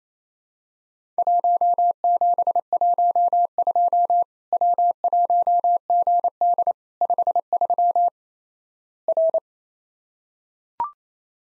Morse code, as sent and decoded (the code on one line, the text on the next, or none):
.---- --... .---- ..--- / .-- .---- --. -.. / ..... ...-- / .-.
1712 W1GD 53 R